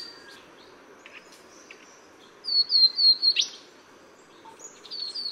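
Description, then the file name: Taiwan yellow tit giving a short series of high, thin notes, followed after a pause by a few more faint high chips. "黃山雀"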